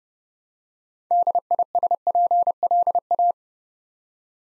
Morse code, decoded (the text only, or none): DISPLA